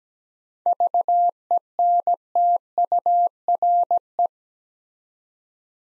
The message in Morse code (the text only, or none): VENTURE